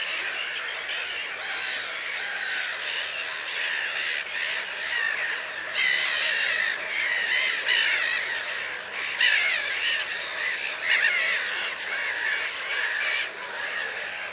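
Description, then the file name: Black-headed gull calls: many harsh cries overlap continuously, with a few louder squawks standing out above the flock noise. "racek chechtavy"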